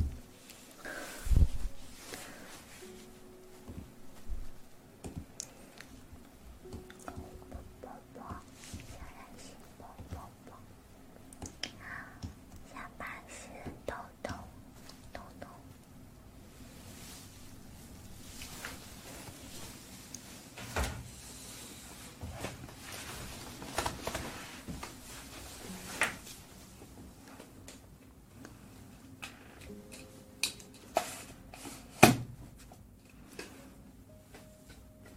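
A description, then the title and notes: Eating sugar and an aloe vera gel ear massage: steady soft crackling and sticky rubbing, with sharp taps near 1, 21 and 32 seconds. Eating sugar, aloe vera gel ear massage.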